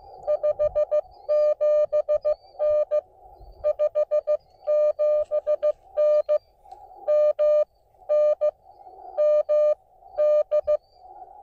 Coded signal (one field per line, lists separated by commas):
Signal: Morse code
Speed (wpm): 17 wpm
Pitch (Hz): 590 Hz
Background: none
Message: 57N 57N MN MD